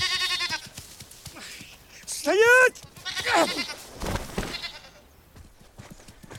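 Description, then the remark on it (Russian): A goat loose in a vegetable garden is caught by its horns and lets out one loud, quavering bleat with a trembling, wavering pitch, while a man shouts sharply and other voices call out around it. “… поймал козу за рога.”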